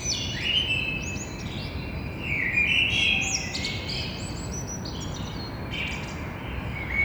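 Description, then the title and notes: Common blackbird song with short fluty warbles and scratchy high flourishes, phrases spaced by pauses, over continuous low background noise. Blackbird singing early in the morning, 6:30 on Thursday 9 April, street side between two windows, Grand Rond, Toulouse. "Un merle noir toulousain. Toulouse - Grand Rond Contributeur : Stéphane Marin"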